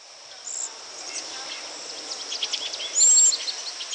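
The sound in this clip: Cedar waxwing call, a faint brief high hiss followed later by a clearer thin whistle, over background chirping.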